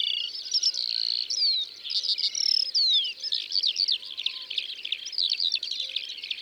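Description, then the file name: Eurasian skylark song, a shrill, rapid cascade of twitters and sharp slurred whistles, pouring on without a break. Drôme, France. "Alouettes des champs Concerts Naturels de la Drome Studio les Trois Becs"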